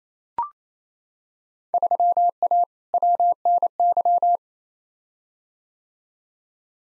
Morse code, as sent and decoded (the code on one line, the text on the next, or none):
...-- .- / .-- -. -.--
3A WNY